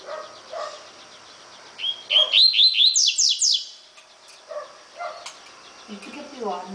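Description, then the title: Double-collared seedeater song, a fast series of clear whistled notes ascending into loud high sweeping slurs, surrounded by faint chirps and a low warbling call near the end. "Canto Coleiro"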